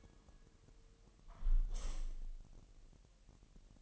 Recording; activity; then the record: daily activity, microphone in the room; close window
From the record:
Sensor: 4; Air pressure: 1000.7 hPa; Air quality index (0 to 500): 243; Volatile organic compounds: 40 ppm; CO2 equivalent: 3149 ppm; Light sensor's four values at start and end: 9/20/8/8 and 9/20/8/7